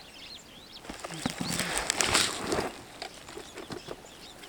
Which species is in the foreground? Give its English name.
Superb Starling